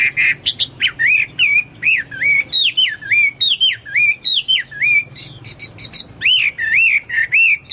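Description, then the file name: Chinese hwamei singing a string of loud looping whistles, each note bending down then up, repeated quickly, with a short run of high clipped notes. "omkicau hwamei"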